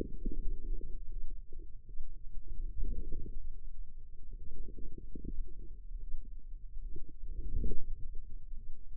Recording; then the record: forearm muscle sounds (acoustic myography)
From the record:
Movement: wrist flexion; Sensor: system 2, bracelet of six BSWA MPA416 microphones around the upper forearm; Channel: 2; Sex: female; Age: 25 years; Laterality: right